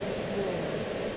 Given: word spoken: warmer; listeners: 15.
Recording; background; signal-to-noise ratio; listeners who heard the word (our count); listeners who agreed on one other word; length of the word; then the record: one English word in noise, from a listening test; speech-shaped noise; -5.5 dB; 0 of 15; 10 of 15; 0.77 s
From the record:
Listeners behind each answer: 10, 3, 1, 1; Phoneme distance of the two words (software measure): 7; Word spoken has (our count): 2 syllables, 4 phonemes, stress on syllable 1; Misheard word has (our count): 1 syllable, 3 phonemes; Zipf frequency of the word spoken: 4.02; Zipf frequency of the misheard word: 4.92